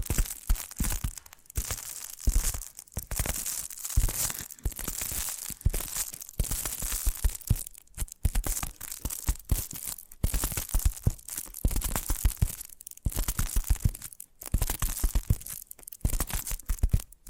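Tapping triggers: a steady run of quick, crisp taps and scratchy crinkling, dense and irregular throughout the seventeen seconds. Sharp bright clicks ride over soft low thumps, with brief near-silent gaps scattered between bursts, such as around eight and fourteen seconds.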